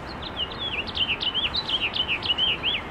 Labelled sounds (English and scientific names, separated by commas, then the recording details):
House Finch (Haemorhous mexicanus) song
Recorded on Long Island, New York, on 21 April 2011
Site GN
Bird D